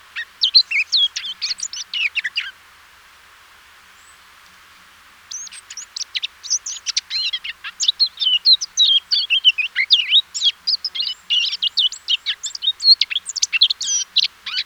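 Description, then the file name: Eurasian blackcap song, a fast run of varied chattering and warbled notes for over two seconds, a pause of a few seconds, then a longer unbroken scratchy warble to the end. "Sylvia atricapilla"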